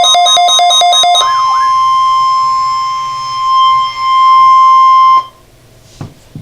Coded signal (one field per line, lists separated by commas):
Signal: Emergency Alert System (SAME) tones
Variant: 1050 Hz attention tone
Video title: Required Weekly Test - EAS #551